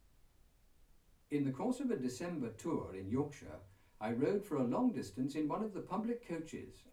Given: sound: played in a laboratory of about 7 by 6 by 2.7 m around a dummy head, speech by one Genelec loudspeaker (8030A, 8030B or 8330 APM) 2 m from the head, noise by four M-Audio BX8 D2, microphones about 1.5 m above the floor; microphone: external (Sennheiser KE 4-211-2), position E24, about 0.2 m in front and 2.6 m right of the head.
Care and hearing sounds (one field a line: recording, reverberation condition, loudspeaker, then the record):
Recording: male speech in English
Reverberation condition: low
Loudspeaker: 30 degrees to the left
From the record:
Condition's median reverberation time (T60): about 310 ms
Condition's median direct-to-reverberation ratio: about 3.5 dB